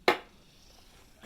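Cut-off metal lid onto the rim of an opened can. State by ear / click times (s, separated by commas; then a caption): seated / 0.1 s. A cut-off metal lid, removed from a can with a side-cutting can opener, is pressed back down onto the opened can's rim. One sharp, loud snap is heard at 0.1 s, then a quiet tail with a faint knock near the end, and the lid is seated.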